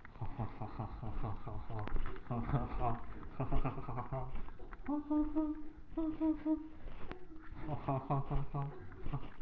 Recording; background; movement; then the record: laughter; a bystander coughing; walking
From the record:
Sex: male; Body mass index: 23.7 kg/m2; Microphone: on the chest, facing the body